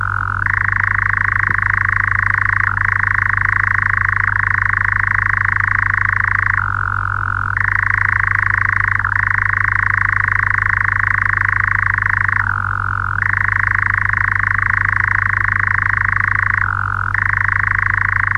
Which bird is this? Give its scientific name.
Caprimulgus europaeus